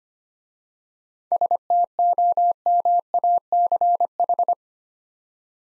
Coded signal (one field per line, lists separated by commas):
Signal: Morse code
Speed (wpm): 25 wpm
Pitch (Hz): 700 Hz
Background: none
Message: STOMACH